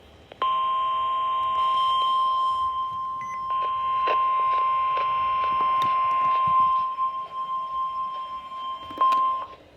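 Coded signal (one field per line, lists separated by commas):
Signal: Emergency Alert System (SAME) tones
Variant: 1050 Hz attention tone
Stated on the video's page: Real severe thunderstorm warning relayed on NOAA Weather Radio WXL40 Harrisburg and multiple FM stations.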